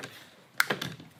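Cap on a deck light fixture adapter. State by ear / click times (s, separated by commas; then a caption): seated / 0.6 s. A cap is screwed onto the keyed adapter of a deck light fixture until it seats with a sharp click at 0.6 s. A few softer taps and clicks follow at about 0.7 and 0.8 s, with faint handling noise before and after.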